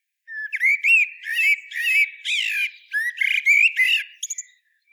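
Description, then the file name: Common blackbird song, continuous mellow, slurred whistles with wavering pitch, interlaced with short buzzy squeaks, finishing with a few thin high notes. "Turdus merula"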